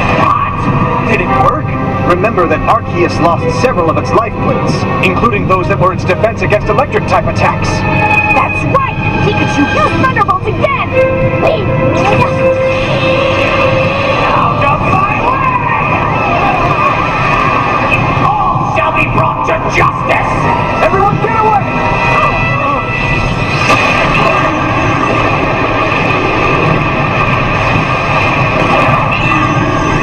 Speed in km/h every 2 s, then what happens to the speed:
107, 108, 108, 109, 109, 110, 110, 111, 112, 112, 112, 112, 112, 112, 111.
0-30 steady at about 111.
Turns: none.